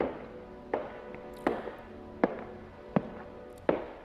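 Five sharp clacking footsteps of someone walking behind along a corridor fall in a slow, steady rhythm, each a crisp hard-soled knock with a short ringing tail, over a faint background hum. No voices.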